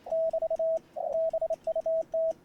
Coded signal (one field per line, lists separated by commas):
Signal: Morse code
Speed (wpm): 28 wpm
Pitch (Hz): 650 Hz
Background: radio noise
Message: <BT> BUT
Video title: I made a Multi Band vertical and RAG CHEW with the Bug Key